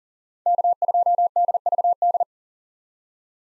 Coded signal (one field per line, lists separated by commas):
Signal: Morse code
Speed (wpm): 40 wpm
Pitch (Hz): 700 Hz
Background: none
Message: K2DVD